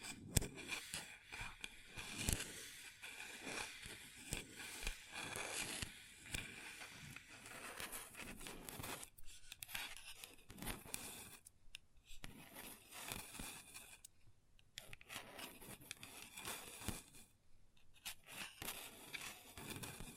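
Long nails tap and scratch across a tabletop in a continuous, busy stream of sharp clicks and rough, hissing scrapes. The texture is bright and dense, with quick irregular taps layered over scratching, broken by a few short pauses near the middle and end.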